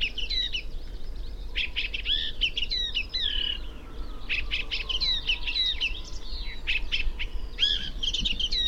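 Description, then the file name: Eurasian blackcap warbling in broken phrases of bright high notes and quick slurs over noticeable low rumbling background noise. "Sylvia atricapilla"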